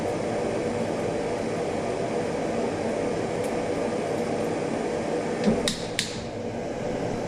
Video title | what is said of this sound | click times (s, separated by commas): Ballast tank protection pipe | here you could hear the coupling snap 2 times. | 5.7 s, 6.0 s